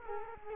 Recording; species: mosquito wingbeat signal from an infrared sensor; Culex quinquefasciatus